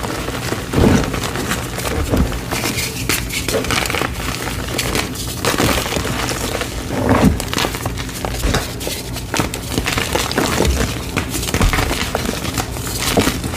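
Gym chalk is being crushed, a dense, continuous run of crumbly grinding and crinkling. Sharper crunches stand out every second or so, near 1, 2, 7 and 12 seconds, over a low steady hum.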